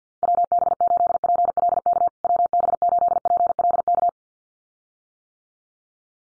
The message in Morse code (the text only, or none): WB8PLK WB8PLK